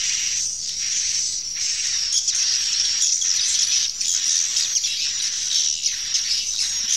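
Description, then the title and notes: Swiftlets twittering continuously, shrill high chirps crowding together in a steady chorus. Swiftlet sound used in swiftlet bird farming in Asia. "Swiflet Bird Sound. Farming Swiflet Bird asia sound"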